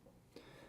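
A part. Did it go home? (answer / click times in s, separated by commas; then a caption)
yes / 0.4 s. A Really Right Stuff quick-release plate mounted underneath a V-mount battery plate is pushed into the quick-release clamp on a Canon C50 camera rig with an RF 100-300mm lens. A single click is heard at 0.4 s against a low background, and the plate is seated in the clamp.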